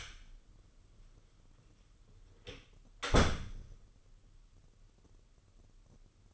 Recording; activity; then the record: daily activity, microphone in the room; close door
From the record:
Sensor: 4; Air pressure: 995.2 hPa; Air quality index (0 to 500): 186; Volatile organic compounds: 100 ppm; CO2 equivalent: 3756 ppm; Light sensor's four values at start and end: 20/51/20/23 and 6/14/5/6